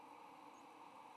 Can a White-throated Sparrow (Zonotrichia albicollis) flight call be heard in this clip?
no